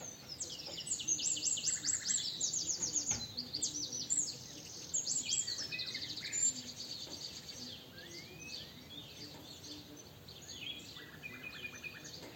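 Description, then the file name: Eurasian wren sounding a fast, rattling, high trill early on, followed by scattered quieter chirps and whistles. "Troglodytes troglodytes"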